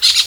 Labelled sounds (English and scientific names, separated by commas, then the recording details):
Brown-throated Parakeet (Eupsittula pertinax) contact call
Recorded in Venezuela
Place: Guárico; Corozopando; Fundo La Fe
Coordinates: 8.506, -67.593